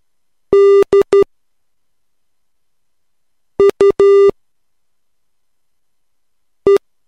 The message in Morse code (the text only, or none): DUE